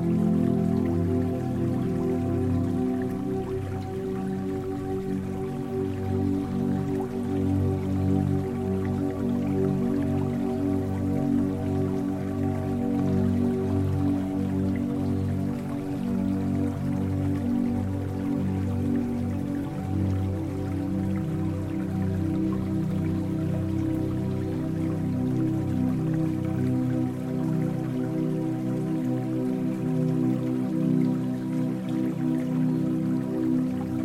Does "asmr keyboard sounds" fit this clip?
no